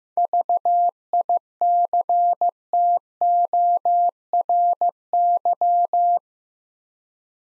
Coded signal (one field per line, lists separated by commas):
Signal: Morse code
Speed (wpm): 15 wpm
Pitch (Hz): 700 Hz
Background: none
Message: VICTORY